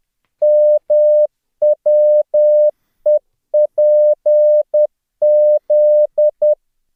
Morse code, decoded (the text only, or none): MWEPZ